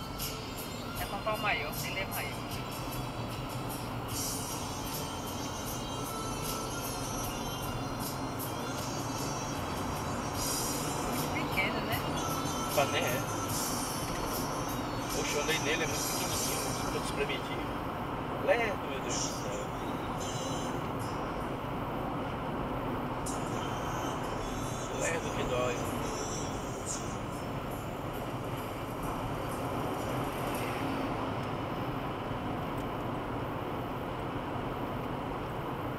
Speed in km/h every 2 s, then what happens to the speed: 80, 86, 95, 103, 108, 115, 120, 123, 125, 124, 126, 126, 126, 126, 125, 124, 122, 121.
0-13 speeds up to 123. 13-36 steady at about 125.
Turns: none.